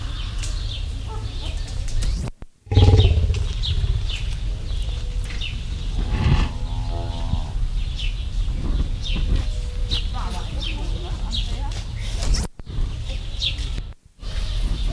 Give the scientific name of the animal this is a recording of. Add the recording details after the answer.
Rangifer tarandus. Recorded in captivity. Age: juvenile. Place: Tierpark Berlin, Berlin, DE. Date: 1972-08-12. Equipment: Uher 4200 Report Stereo, Sennheiser MD 421, Verstärker 1. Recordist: Tembrock, Günter